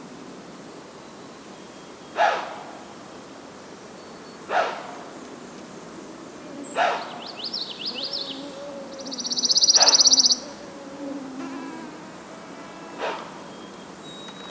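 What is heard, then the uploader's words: A white-tailed deer gives short, sharp snorts, about five of them, spaced two to three seconds apart. Between roughly seven and ten seconds, high chirping and buzzing calls, likely birds or insects, run over the snorts, with soft lower tones and a faint steady hiss beneath. White-tailed Deer snorting. I was recording birds on a bog trail in Schoodic Woods, and so was standing perfectly still.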